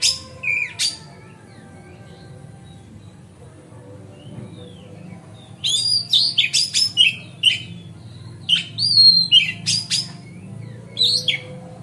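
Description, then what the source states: Oriental magpie-robin singing in bursts, sharp whistled notes and rasping, chattering phrases with pauses between, over a steady low hum. Kacer song used as masteran (tutoring other birds), on a terrace.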